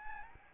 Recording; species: mosquito wingbeat signal from an infrared sensor; Aedes albopictus